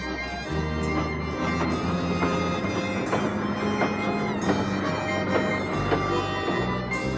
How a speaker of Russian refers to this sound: вспрыгнул на подножку дернувшегося поезда.